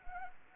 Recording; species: mosquito wingbeat signal from an infrared sensor; Anopheles arabiensis